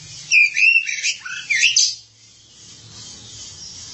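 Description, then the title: Oriental magpie-robin song, a rapid jumble of high twittering and whistled notes lasting about two seconds, then quiet background hiss. Kacer song. "Suara Kicauan Burung Kacer Durasi Panjang"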